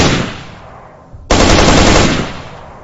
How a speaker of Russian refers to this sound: Но его тут же заметили, сразу накрыли огнем из нескольких стволов.